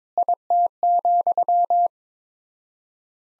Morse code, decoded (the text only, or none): IT,